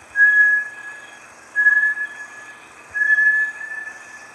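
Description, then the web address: Bartlett's tinamou call of three pure whistles at an even pitch, spaced about one and a half seconds apart, with a soft continuous tone between. "sound Bartlett's-tinamou. صدای-پرنده-وشم-بارتلت"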